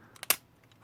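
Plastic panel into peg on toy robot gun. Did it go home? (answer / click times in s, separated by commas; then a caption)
yes / 0.3 s. A single plastic panel on the gun of a plastic robot figure is flipped out, rocked back and pushed onto its peg during transformation. Two faint plastic ticks at 0.2 s lead into a sharp, bright snap at 0.3 s, followed by a few very quiet ticks near 0.6 and 0.7 s. The panel pegs into place and is seated.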